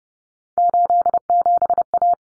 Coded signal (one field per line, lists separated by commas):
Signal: Morse code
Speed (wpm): 30 wpm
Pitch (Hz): 700 Hz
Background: none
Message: 87A